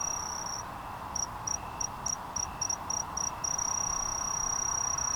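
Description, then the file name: Kinhibari cricket song, a thin high-pitched ringing trill broken into short bursts in the middle, then steady again, with a fainter lower chirping insect pulsing beneath. Recorded on 21 June 2015. "20150621 A-kinhibari"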